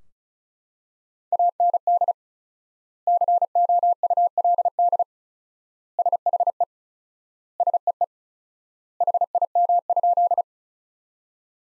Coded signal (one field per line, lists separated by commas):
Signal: Morse code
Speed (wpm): 36 wpm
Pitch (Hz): 700 Hz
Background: none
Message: AND COULD SHE SEE HIM?